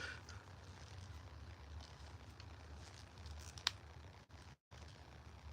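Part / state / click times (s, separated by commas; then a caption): hose repair coupling onto expanding garden hose / partly seated / 3.7 s. A plastic repair coupling is worked onto the cut end of an expanding garden hose, with a rubber inner hose and a fabric outer sleeve, over a steady low rustling and squishing. A sharp snap rings out at 3.7 s, followed by a brief silent gap. The fitting is snapping into place but is not yet fully seated because the outer hose gets in the way of the threads.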